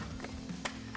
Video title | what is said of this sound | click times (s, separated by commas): 2014-2017 Silverado Powered Heated Towing Mirrors with Smoked Amber LED Turn Signal Review & Install | and that snaps right into place. | 0.7 s